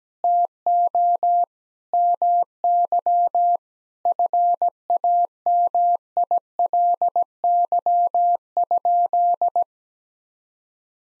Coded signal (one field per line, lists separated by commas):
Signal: Morse code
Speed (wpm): 17 wpm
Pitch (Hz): 700 Hz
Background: none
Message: TO MY FAMILY?